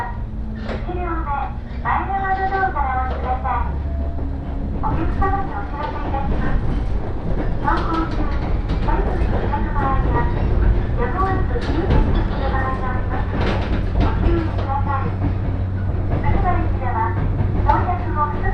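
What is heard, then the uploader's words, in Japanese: A train ride on the Fukuen Line from Fukuyama to Michinoue: a steady low rumble of the moving train runs throughout. A voice speaks in short phrases over it, and sharp clicks and rattles come more often in the second half. 鉄道旅 福塩線 福山→道上。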